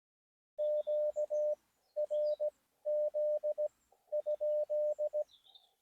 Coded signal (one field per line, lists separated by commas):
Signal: Morse code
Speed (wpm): 16 wpm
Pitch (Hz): 600 Hz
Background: none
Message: QRZ?